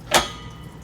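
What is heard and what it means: A weight distribution hitch spring bar is cranked back until its spring-loaded steel locking pin snaps into the locking hole. A sharp metallic click lands at 0.1 s, followed by a brief ring and quiet background. The pin is seated in its hole.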